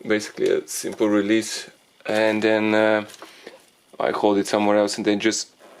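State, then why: Not seated. A plastic quick-connector on the EGR/intake pipework of a 1.6 HDi / 1.6 TDCi engine, being worked on for EGR cleaning, is released by its catch and then handled, ready to be pushed back onto the engine pipe until the catch engages. Someone talks throughout, with brief handling noise between phrases. The clip ends before the part goes home, so nothing has seated or clicked yet.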